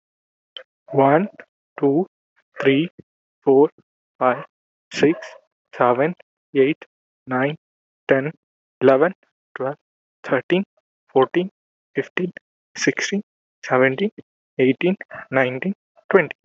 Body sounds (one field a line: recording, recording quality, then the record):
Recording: counting at a normal pace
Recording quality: excellent, no background noise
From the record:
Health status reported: healthy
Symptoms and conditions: none ticked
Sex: male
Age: 26 years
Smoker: not ticked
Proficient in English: yes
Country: India